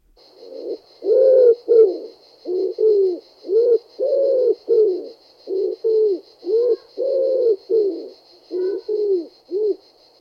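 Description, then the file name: Common wood pigeon song of soft, deep coos repeated in phrased runs, some longer and some clipped, with a thin high pulsing hum in the background. "Ringdue"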